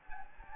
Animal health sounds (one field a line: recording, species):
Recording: mosquito wingbeat signal from an infrared sensor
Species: Anopheles gambiae